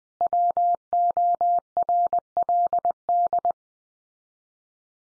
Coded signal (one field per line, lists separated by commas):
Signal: Morse code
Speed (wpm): 20 wpm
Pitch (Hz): 700 Hz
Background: none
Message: WORLD